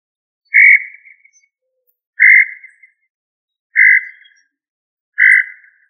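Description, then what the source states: Quail giving four raspy, even notes spaced about one and a half seconds apart, each fading at the end, in otherwise quiet surroundings. Family Tinamidae; local name Puyuh.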